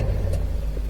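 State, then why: Not seated. A plastic clamp is pressed by hand onto the shock body of a Team Associated RC10T radio-controlled car, being pushed down hard to snap into place and poke through the end. A steady low hum runs throughout, with faint light handling noises. Nothing has clicked or seated yet.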